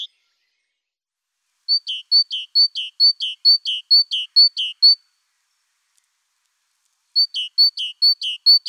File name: Mesange charbonniere